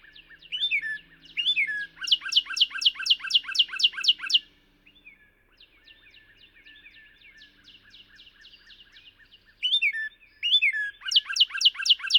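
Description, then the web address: Northern cardinal song: bright downslurred whistled notes repeated rapidly in a long series, a pause with softer notes, then the fast series begins again. "Songs of Birds of North America Know Your Bird Sounds Common Western Species. Northern Cardinal"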